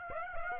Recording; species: mosquito wingbeat signal from an infrared sensor; Aedes aegypti